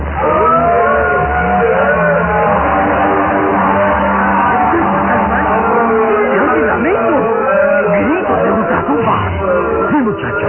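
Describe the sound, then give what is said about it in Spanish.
Eerie, overlapping screams and moans from carnivorous plants burning in a garden fire rise and bend in pitch without pause, a dense chorus of wailing cries layered over a steady low roar, loud throughout. “Gritos de ultratumba que brotan de las plantas carnívoras. Son como seres humanos, como fieras que gimen ante el dolor de la muerte.”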